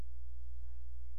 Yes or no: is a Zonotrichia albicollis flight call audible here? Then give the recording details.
no. No flight call is heard. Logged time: 00:16 on 16 September 2014